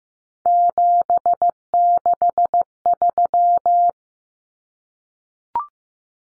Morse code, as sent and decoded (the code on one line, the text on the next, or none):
--... -.... ...--
763